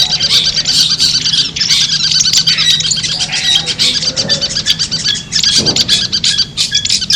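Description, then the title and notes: Long-tailed shrike song: a dense, fast chatter of varied high notes, harsh and twittering, running almost without pause, with a low steady hum underneath. Competition song used as master audio for mental conditioning and training of captive birds. "Cendet 04. Suara Lomba untuk Terapi Mental Cendet - Versi 2. Masteran Burung Cendet"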